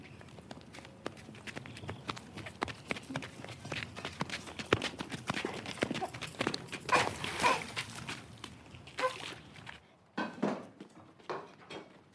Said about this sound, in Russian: Катерина и Луна бегут домой в шлепках, наступая на лужи.